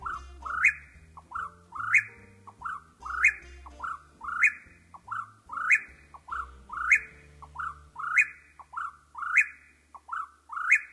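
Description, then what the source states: Eastern Whip-poor-will song: loud three-part whistled phrase with a rising, snapping ending, repeated many times in quick succession, over a faint low hum. Song sounds like the bird saying its name, whippoorwill, repeated constantly.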